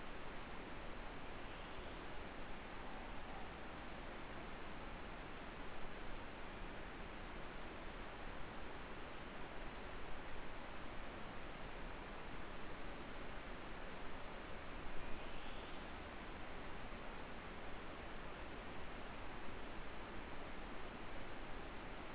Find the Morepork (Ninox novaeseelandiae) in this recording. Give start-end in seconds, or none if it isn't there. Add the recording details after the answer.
2.69-3.65. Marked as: faintness 4/5. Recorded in New Zealand. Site Eglinton